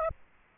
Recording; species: mosquito wingbeat signal from an infrared sensor; Aedes aegypti